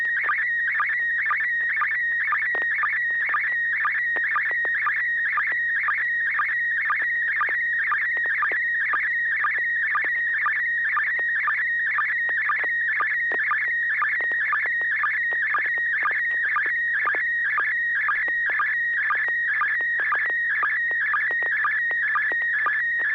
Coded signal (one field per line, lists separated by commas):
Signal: SSTV (slow-scan television)